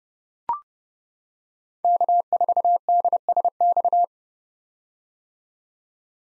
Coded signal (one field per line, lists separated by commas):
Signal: Morse code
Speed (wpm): 30 wpm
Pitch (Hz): 700 Hz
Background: none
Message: K4DSX